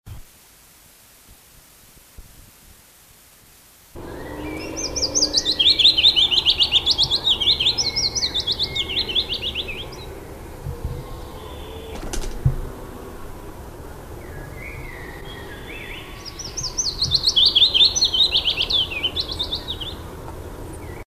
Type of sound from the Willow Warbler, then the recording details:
song. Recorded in the wild. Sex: male. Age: adult. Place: Röttenbach, Bayern, DE. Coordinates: 49.6658, 10.9669. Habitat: pond, crop. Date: 1963-06-16. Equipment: Original Vollspur. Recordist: Tretzel, Erwin. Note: Weiher, Hintere Mark (Kultur): Fitis: Doppelschlag